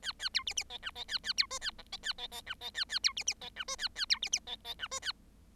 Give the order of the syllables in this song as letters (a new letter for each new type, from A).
A A B C C D E D A A B F A G D A D D E D A A B C C D E F A A B C C D D E F A